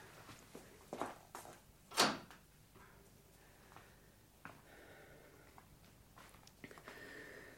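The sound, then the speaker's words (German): A door swings shut with one solid thud, preceded by a couple of softer knocks. A few light, scattered footsteps follow over a quiet background. “Auch noch die Tür.”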